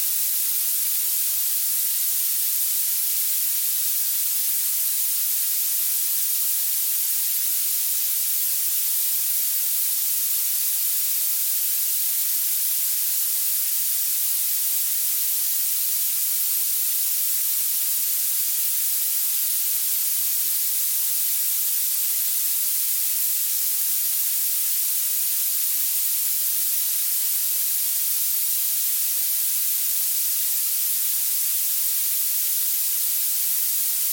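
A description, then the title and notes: Violet noise: a steady, dense hiss weighted heavily toward the top, bright and sharp like a fine spray or escaping steam. Almost nothing sits in the low end. It holds completely even for the whole clip, with no changes or separate events. Violet noise, also known as purple noise or purple-pink noise. The energy of the sound is concentrated at higher frequencies, specifically at the upper end of the audible spectrum. The power spectral density increases by 6 decibels (dB) per octave as frequency also increases.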